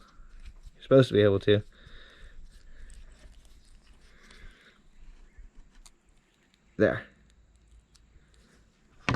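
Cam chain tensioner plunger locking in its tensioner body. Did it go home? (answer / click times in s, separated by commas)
yes / 9.1 s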